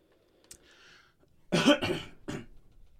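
A quick run of three short, harsh cough bursts from an adult, preceded by a soft intake of breath, in a quiet small room. An ordinary isolated cough with no wheeze or crowing between bursts.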